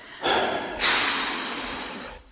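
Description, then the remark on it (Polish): Heavy, gasping breaths: a short, sharp rush of air followed at once by a longer, loud, hissing breath that slowly fades, with no talking. “Oddychaj.”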